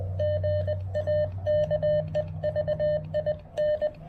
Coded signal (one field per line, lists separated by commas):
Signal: Morse code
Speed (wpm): 19 wpm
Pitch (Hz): 590 Hz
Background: none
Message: GA KEVIN